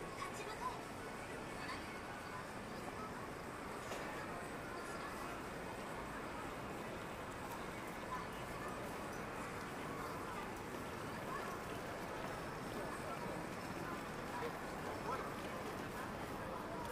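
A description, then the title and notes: Daytime street sound in Akihabara: a dense, steady murmur of many overlapping voices that never drops or swells. A low hum of traffic runs underneath, and a few brief, slightly louder sounds stand out near the start and around fourteen seconds. Akihabara,daytime.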